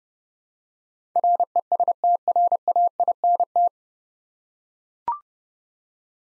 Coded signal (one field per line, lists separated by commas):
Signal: Morse code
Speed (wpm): 30 wpm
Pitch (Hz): 700 Hz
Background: none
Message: RESTRAINT